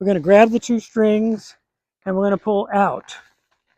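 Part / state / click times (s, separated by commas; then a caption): pop-up tent spring hub locking open on the roof poles / not seated / none. Someone talks while preparing to pull the two strings outward on a Light Speed pop-up tent cabana to open the spring hub on the roof poles. The spring hub has not locked or clicked yet, and the clip ends in near silence.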